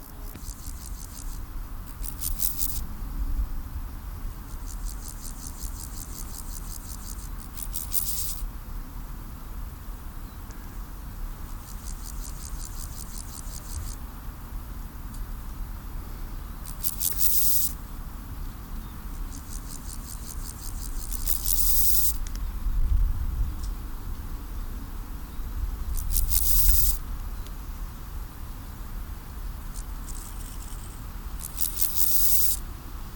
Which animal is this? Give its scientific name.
Chorthippus dorsatus